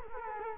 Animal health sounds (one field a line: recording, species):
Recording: mosquito wingbeat signal from an infrared sensor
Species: Culex quinquefasciatus